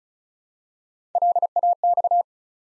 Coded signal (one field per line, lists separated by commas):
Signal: Morse code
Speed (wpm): 36 wpm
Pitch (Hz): 700 Hz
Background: none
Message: LAX